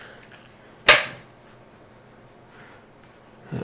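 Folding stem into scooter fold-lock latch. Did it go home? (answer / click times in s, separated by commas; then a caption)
yes / 0.9 s. The folded stem of an electric scooter is pushed up into its plastic/metal fold latch, which snaps locked with a sharp, loud click at 0.9 s. The click rings briefly against quiet background hiss, and a softer low thump follows near 3.6 s.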